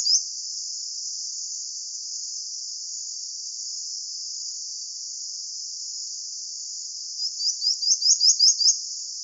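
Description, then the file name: Creamy-bellied gnatcatcher song: a single note at the start, then a long stretch of steady hiss and a short run of about eight thin, high, upslurred notes near the end. "canto do balanca rabo leitoso"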